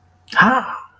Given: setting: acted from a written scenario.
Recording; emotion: vocal sound without words; triumph